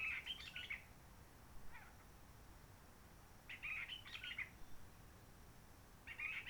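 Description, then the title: Réunion bulbul singing brief burbling phrases separated by pauses, with a softer note between the first two, against a quiet hissing background. Roche Merveilleuse forest, Réunion; calm since 19 March 2020 lockdown, no microlights, helicopters or shouting children; sunny blue sky; birds not very active; sings simpler, short phrases adapted to noise pollution. "Roche Merveilleuse, Réunion - Merle de lîle de la Réunion."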